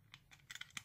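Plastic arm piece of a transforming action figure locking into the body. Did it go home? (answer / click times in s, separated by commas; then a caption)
yes / 0.8 s. A plastic arm piece of a custom Transformers action figure is moved down during transformation until it locks into the body. Several light plastic clicks and scrapes are heard, ending in a sharper click at 0.8 s as the arm seats into place.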